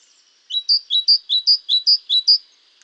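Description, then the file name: Great tit song, a rhythmic series of five clear two-note phrases, each a lower note followed by a higher one, repeated briskly in under two seconds. "Parus major"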